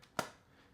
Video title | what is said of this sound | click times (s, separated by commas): I'VE NEVER SEEN THIS BEFORE!! - Andar Aspen with Camera Control for iPhone 16 Pro Max! | Solid click right there. | 0.2 s